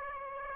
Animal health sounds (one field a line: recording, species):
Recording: mosquito wingbeat signal from an infrared sensor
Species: Aedes aegypti